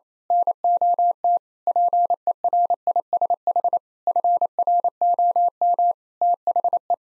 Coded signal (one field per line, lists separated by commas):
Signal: Morse code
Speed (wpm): 27 wpm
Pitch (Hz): 700 Hz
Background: none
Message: NOT PERISH FROM THE